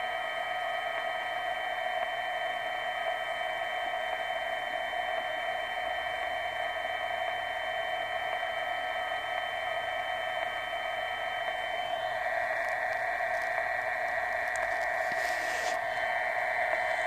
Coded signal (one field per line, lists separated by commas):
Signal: FT8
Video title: JS8CALL Lots of fun uBITX hfsignals.com